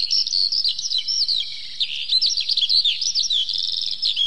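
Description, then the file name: Eurasian skylark song, high and rapid, of twittering notes and slurred whistles, with a brief fast trill late on. "zhavoronok polevoy"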